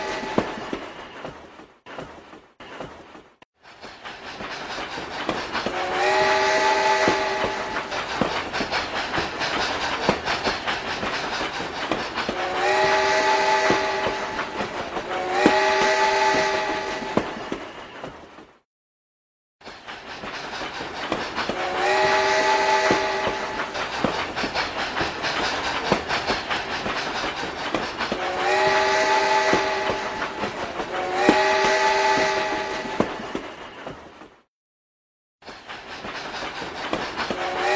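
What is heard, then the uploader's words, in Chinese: A train whistle sounds in steady, rhythmic blasts, each a layered tone over a continuous rumbling rail noise. Three whistle calls come between about 6 and 17 seconds, then the pattern repeats after a brief silence near 19 seconds, with another gap around 34 seconds. 汽笛声。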